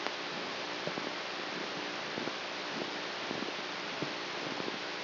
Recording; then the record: brain microelectrode recording played as sound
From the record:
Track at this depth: outside the subthalamic nucleus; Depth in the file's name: 0.607 mm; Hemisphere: right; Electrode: 3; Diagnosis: Parkinson's disease